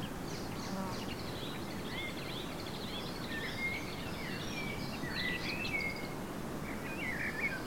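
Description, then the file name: Eurasian blackcap warbling softly, a string of short whistled and slurred notes running throughout, partly masked by steady low-frequency background noise. "Sylvia atricapilla"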